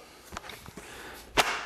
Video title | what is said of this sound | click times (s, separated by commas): Greenworks 80V Leaf Blower - Unboxing and Review - ANY GOOD? | there we go. It's gotta use a little force. Click it in there and you're good to go. | 0.4 s